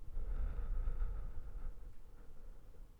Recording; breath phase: one breath near a microphone; exhalation